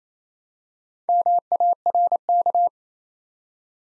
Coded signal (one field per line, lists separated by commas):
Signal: Morse code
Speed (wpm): 27 wpm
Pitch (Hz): 700 Hz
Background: none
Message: MARK